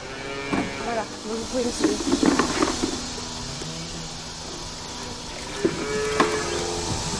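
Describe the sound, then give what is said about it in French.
Cows low in a barn during the second milking of the day, about eight cows at the milking, several drawn-out, deep moos rising over a steady mechanical hum, with a few clanks and shuffling sounds between the calls. “Pour la deuxième fois de la journée, Charline est à l'étable pour la traite des vaches.”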